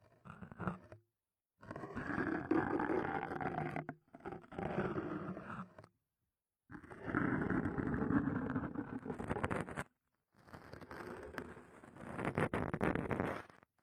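Harsh, grating roars come in five loud bursts of one to three seconds, each cut off by abrupt near-silence. Inside each burst a rough, wavering tone rises and falls over a dense, raspy layer that reaches up into piercing highs.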